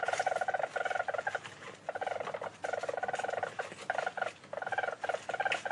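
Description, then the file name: Weasel chattering trill in fast pulsed bursts, repeated almost continuously with short gaps. "menyét"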